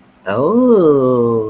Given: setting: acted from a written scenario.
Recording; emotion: vocal sound without words; realization